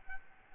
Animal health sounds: mosquito wingbeat signal from an infrared sensor; Aedes albopictus

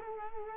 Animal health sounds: mosquito wingbeat signal from an infrared sensor; Culex quinquefasciatus

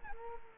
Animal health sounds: mosquito wingbeat signal from an infrared sensor; Culex quinquefasciatus

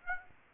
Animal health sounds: mosquito wingbeat signal from an infrared sensor; Aedes aegypti

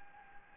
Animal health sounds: mosquito wingbeat signal from an infrared sensor; Anopheles gambiae

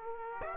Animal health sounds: mosquito wingbeat signal from an infrared sensor; Aedes aegypti

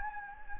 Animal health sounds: mosquito wingbeat signal from an infrared sensor; Anopheles gambiae

